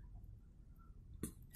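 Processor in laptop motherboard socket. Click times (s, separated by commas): 1.2 s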